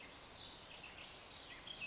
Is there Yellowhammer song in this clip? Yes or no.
no